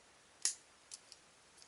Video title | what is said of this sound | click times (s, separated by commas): TRANSFORMERS GENERATiONS AUTOBOT OPTiMUS PRiME AND ROLLER PT.1 OF 2 | did you hear that snap that snap is actually the gun in the side arms | 0.5 s